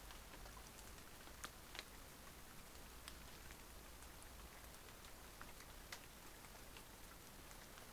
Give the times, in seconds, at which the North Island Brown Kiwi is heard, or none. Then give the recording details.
none. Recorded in New Zealand on 20 November 2013. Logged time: 22:29. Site CH69